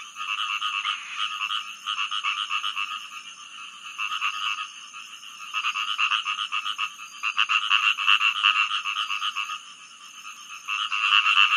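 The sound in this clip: Rice field frog giving quick, grating croaks in several bursts that swell and fade, the last one loudest.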